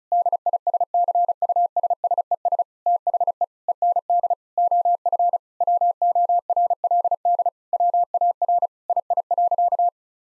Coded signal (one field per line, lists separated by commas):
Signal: Morse code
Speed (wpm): 36 wpm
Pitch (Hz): 700 Hz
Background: none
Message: DISCUSSES THE END OF WORLD WAR II.